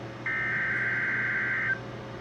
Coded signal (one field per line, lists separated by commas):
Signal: Emergency Alert System (SAME) tones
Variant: header bursts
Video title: EAS #728-731 - Required Weekly Tests